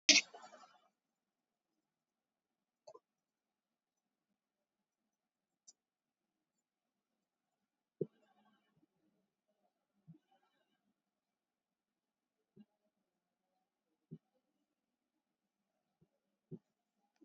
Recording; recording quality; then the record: deep breathing; poor, much background noise or distortion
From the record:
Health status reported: COVID-19 positive, mild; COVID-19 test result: positive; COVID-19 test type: RT-PCR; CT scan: not taken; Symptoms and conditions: cough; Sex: female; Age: 18 years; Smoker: no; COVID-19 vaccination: none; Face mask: worn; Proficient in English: yes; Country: India